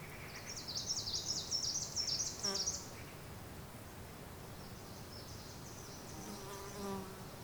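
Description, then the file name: Birds give a burst of high, jumbled twittering for a couple of seconds, then fainter scattered chirps and a soft buzzing hum. Mountain ambience in Asia with birds. "Ambience of the Asian mountains with birds"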